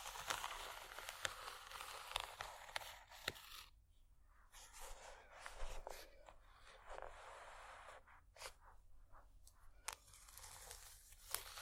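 Bumpy textured items are scratched in a busy, uneven stream of rough, crinkly scraping, bright and gritty. Sharp clicks and snaps cut through often, and a brief quieter gap near four seconds breaks the activity before the scratching resumes in bursts.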